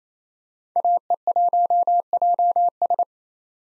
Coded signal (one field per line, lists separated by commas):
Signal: Morse code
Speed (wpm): 27 wpm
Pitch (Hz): 700 Hz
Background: none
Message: AE1JS